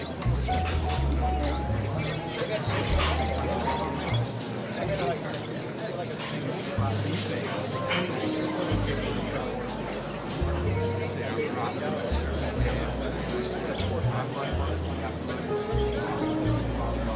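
Seaside cafe ambience with steady overlapping chatter, a low rumbling undertone shifting in blocks, and occasional clinks and brief tones throughout.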